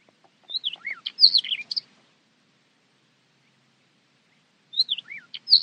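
Bird song in two bursts: quick phrases of high, sweeping whistled notes, some falling and some rising, separated by a long silent pause.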